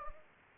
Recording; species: mosquito wingbeat signal from an infrared sensor; Anopheles gambiae